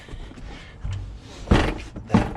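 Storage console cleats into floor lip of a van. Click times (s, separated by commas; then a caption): 1.5 s, 2.1 s. A storage console in a 1994 Chevy van is set down so the cleats on its bottom drop into a lip on the floor, which keeps it from sliding around, and then it is pushed up against the seat so a rider can still use their seat belt. Loud thunks are heard at 1.5 s and 2.2 s as the console locks into place.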